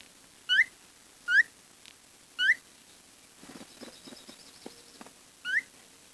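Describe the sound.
Bird giving short, sharply rising whistled calls, four in all, spaced about one to three seconds apart, with soft clicks and rustling between them.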